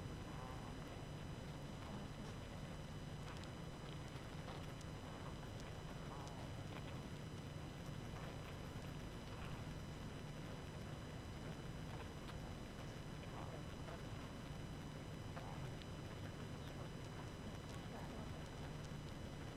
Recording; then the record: honeybee colony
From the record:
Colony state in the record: active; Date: 12 June 2018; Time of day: 19:53